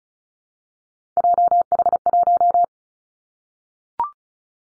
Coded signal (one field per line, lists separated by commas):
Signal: Morse code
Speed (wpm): 34 wpm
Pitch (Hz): 700 Hz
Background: none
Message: JH1